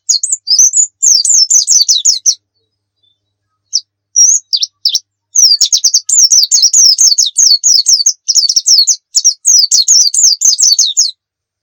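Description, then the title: White-eye song: fast high twittering runs of slurred notes, a short pause, then a longer continuous chattering warble. Pleci Muria (Muria white-eye) singing gacor (persistently); a masteran recording for training pet songbirds to sing. "Pleci Muria Gacor"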